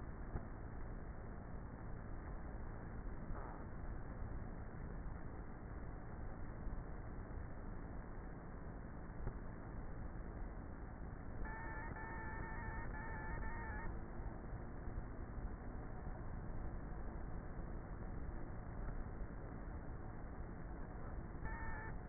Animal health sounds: honeybee colony, microphone inside the hive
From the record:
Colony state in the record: queenless with a low population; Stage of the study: before two queens were removed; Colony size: about 30,000 bees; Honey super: no

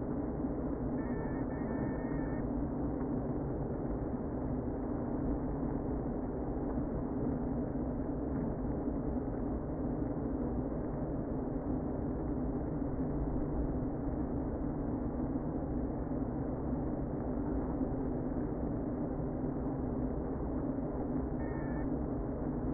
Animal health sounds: honeybee colony, microphone inside the hive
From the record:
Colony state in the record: queen present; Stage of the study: before two queens were removed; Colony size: about 60,000 bees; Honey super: yes

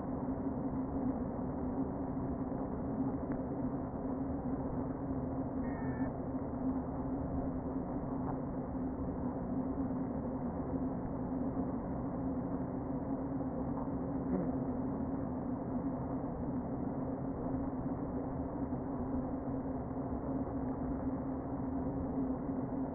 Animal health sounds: honeybee colony, microphone inside the hive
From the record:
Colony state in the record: queen present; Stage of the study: before two queens were removed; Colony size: about 60,000 bees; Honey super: yes

